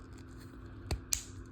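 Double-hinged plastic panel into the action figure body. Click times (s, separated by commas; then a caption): 1.1 s. A double-hinged plastic panel on a Transformers Nexus Prime action figure is brought down into the figure's body and snaps into place with a sharp click at 1.1 s. Softer clicks at about 0.9 s and 1.6 s sit over a low steady hum, and the piece ends up seated.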